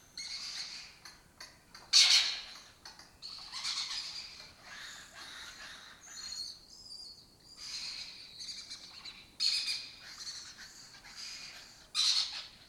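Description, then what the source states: Lesser kestrel giving many harsh, rasping calls, with a few louder bursts over steady chatter. Breeding colony in an abandoned building in Doñana, southern Europe; migratory raptor that spends its foraging time in West Africa.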